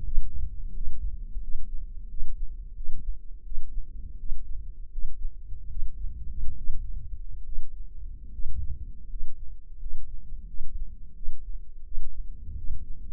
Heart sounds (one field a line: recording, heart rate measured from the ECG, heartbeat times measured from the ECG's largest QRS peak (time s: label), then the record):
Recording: heart sounds by microphone in the left ear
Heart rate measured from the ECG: 81 bpm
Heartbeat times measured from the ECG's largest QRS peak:
0.05 s: heartbeat
0.75 s: heartbeat
1.42 s: heartbeat
2.09 s: heartbeat
2.75 s: heartbeat
3.44 s: heartbeat
4.18 s: heartbeat
4.91 s: heartbeat
5.69 s: heartbeat
6.56 s: heartbeat
7.44 s: heartbeat
8.31 s: heartbeat
9.08 s: heartbeat
9.78 s: heartbeat
10.46 s: heartbeat
11.14 s: heartbeat
11.84 s: heartbeat
12.56 s: heartbeat
From the record:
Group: healthy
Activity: rest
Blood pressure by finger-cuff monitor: 113/58 mmHg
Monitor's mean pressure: 73 mmHg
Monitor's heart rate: 83 bpm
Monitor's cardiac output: 8.2 L/min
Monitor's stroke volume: 98 mL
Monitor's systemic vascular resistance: 630 dyn s/cm5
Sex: male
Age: 23 years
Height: 179 cm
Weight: 87 kg